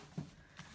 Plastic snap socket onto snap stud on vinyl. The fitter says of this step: you hear that snap and then let's see if we can on stamp it without a break in again